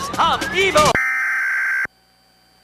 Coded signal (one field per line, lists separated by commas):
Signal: Emergency Alert System (SAME) tones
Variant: header bursts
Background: speech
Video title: Pennsylvania EAS Test In 2008 (MOCK)